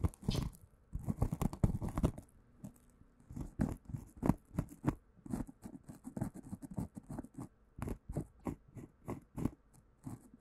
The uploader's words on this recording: 包材觸發. Bubble bag triggers.